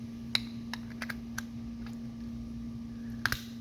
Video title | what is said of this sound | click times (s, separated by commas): Repinning an E67 Connector | and again some nice Clicks in these latches seat | 0.3 s, 3.3 s